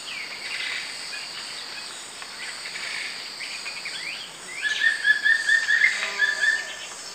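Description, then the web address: Wing-barred piprites song: a brief run of about eight short, clipped whistled notes at a steady pitch near the end, over a constant hum of insects. Song, from the eastern lowlands of South America. "S America Eastern Lowlands Piprites chloris, song"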